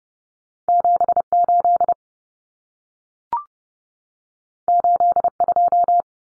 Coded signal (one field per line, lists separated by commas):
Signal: Morse code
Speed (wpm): 30 wpm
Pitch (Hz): 700 Hz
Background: none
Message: 78 82